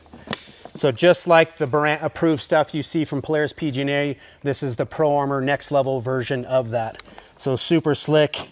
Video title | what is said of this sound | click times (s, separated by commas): Modded Khaos Boost & 9Rs | And then these handlebar packs just simply just drop onto there and you hear the click. | 0.3 s